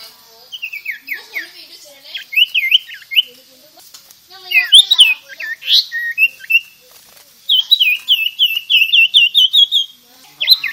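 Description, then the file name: Sirtu pouring out energetic whistled song with repeated down-slurred notes, short pauses, then a long even series of quick similar notes. Vigorous, energetic singing in the style called gacor. "Suara Burung Sirtu Auto Gacor"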